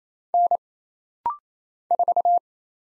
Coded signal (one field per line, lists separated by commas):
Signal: Morse code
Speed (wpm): 27 wpm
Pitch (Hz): 700 Hz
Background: none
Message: N 4